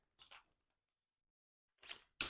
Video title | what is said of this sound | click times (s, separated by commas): Wellmax WM99100 Series Folding Shopping Cart with Wheels - Assembly Guide | All right, boom. They're snapped into place. | 2.2 s